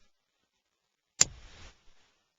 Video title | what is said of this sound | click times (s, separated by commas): FJ Cruiser - A-TRAC Installation Video | click it in place | 1.2 s